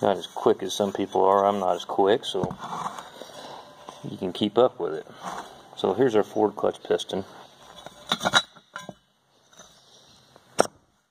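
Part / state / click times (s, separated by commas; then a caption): clutch piston into automatic transmission clutch drum / seated / 10.6 s. Someone talks while a Ford 5R110 automatic transmission clutch piston with rubber seals is held up during a rebuild, followed by light handling noises. The piston is pressed into its metal clutch drum and pops into place with a sharp click at 10.6 s, seating fully.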